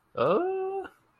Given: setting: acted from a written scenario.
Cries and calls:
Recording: vocal sound without words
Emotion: embarrassment

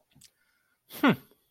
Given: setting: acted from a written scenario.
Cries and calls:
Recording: vocal sound without words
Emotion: contempt

